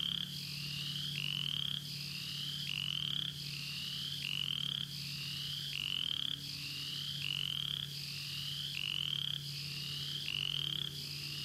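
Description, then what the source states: Upland chorus frog calls: rapid rising pulsed trills repeated in quick succession over a constant low droning hum. In Florida found only along the Apalachicola River, exclusively in bottomland habitats; call resembles the southern chorus frog's but is much more rapid.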